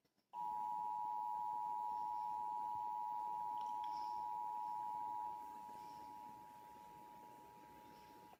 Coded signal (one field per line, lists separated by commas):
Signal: Emergency Alert System (SAME) tones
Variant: 853 and 960 Hz attention tone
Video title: National weather service flash flood warning san joaquin eas warning